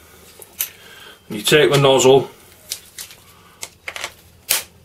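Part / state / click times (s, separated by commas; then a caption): spray nozzle into lance / seated / 4.5 s. Someone talks while handling a spray nozzle for a Nilfisk C110.7, with several small plastic clicks and taps as the nozzle is pushed into the lance. At 4.5 s a sharp click is heard as the nozzle snaps and seats in the lance, where it stays locked until the blue release button is pushed.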